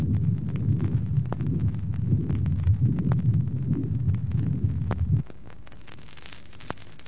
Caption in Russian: Поезда, проезжающего через тоннель. Аускультативные данные при незаращении баталового протока.